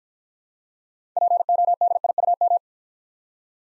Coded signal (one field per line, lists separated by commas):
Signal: Morse code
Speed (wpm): 56 wpm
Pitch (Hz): 700 Hz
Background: none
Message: PODIUM